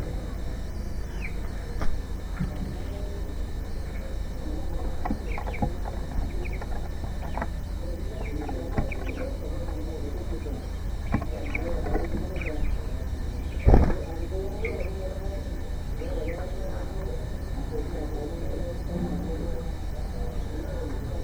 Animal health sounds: poultry house recording; healthy chickens

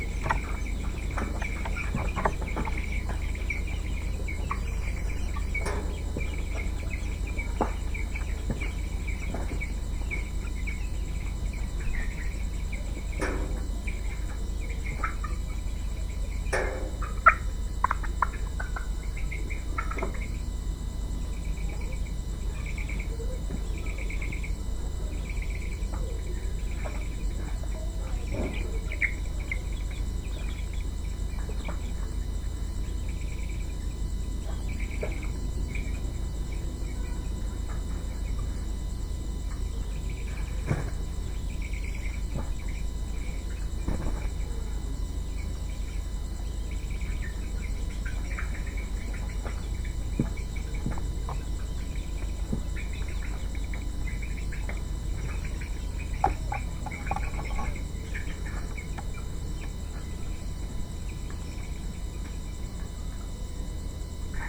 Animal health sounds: poultry house recording; healthy chickens

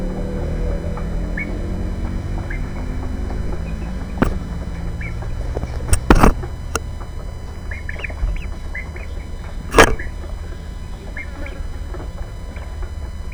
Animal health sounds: poultry house recording; background noise or bird activity such as feeding and pecking

